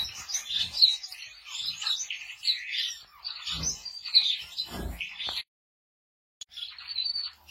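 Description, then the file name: Society finch singing a long, chattering, buzzy warble of high notes, with a pause of about a second before a final thin, drawn-out buzzy note; a few soft low knocks. "canto do bengalim do japao"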